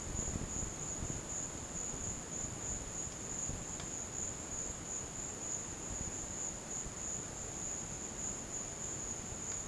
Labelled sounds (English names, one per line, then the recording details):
none
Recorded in dense forest near Puerto Asís, Putumayo, Colombia, on 12 March 2025 at 15:30
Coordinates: 0.486, -76.317
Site G053